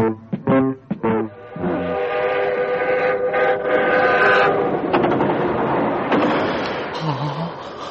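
A train to Cairo sounds its whistle in a few short, loud, harmonic blasts, then gives way to the steady rumbling clatter of the train running on rails, with a faint tonal hum over the noise.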